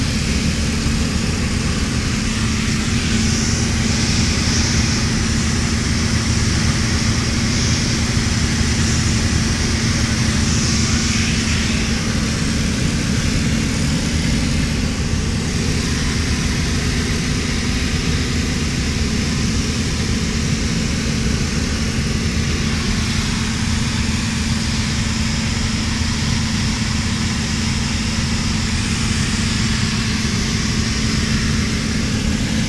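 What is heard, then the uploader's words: Piper PA34 engines drone steadily throughout, a dense low rumble with a constant hum and faint brighter hiss, loudness barely changing. Landing in Haiti Port-au-Prince with Piper PA34.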